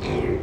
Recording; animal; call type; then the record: contact call of a hoofed animal; pig; closed-mouth grunt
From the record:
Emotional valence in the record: negative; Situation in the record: short social isolation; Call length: 0.43 s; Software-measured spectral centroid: 1490 Hz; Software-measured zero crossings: 1170 a second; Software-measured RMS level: -24 dBFS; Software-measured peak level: -13 dBFS